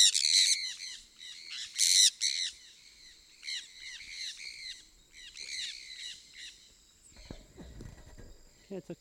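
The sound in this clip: Sun parakeet squawking, harsh shrill screeches in quick bursts for most, then quieter, with low rustling near the end.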